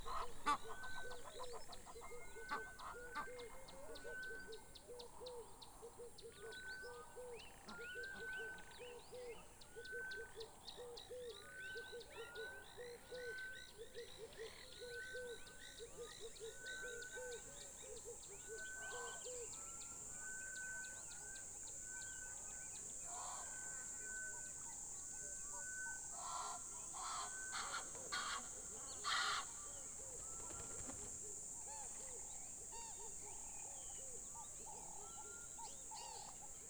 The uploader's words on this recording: Sonic Mmabolela 2018. Mmabolela Reserve, Limpopo, South Africa.